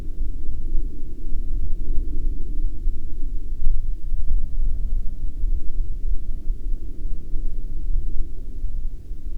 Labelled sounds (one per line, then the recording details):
aircraft
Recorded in the Prudhoe Bay oil fields, Alaska, on 13 May 2019 at 02:01
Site 17